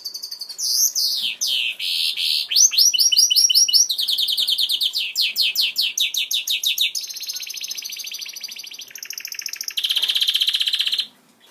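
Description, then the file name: Greenfinch mule in sustained song: varied rapid trills, rolling chirps and buzzy notes run one into another for about eleven seconds, then stop abruptly. "greenfinch mule omkicau"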